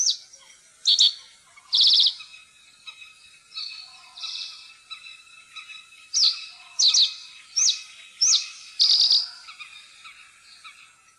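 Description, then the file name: Common reed bunting singing a series of sharp, high chirps and short buzzy trills, each note clipped and separated by brief gaps. "sivspurv"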